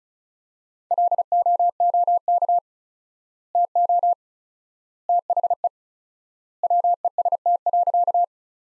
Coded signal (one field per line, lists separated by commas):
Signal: Morse code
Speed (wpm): 36 wpm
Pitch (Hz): 700 Hz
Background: none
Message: LOOK TO THE WEST.